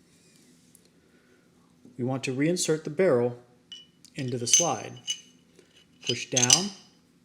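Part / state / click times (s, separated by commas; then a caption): pistol barrel into slide / not seated / none. The barrel of an HK USP 45 pistol is handled as it is reinserted into the slide and pushed down during reassembly after a field strip. Faint light metallic ticks come near 0.8 s, then someone talks. The barrel has not locked into the slide yet; nothing has seated or clicked.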